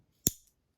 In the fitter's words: as well as you can hear that snap as the landing gear kicks forward there on the bottom